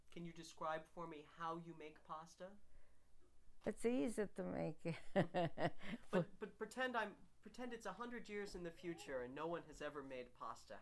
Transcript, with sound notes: Can you describe for me how you make pasta?
It's easy to make it. ( she laughs )
Pretend I'm, pretend it's a hundred years in the future, and no one has ever made pasta.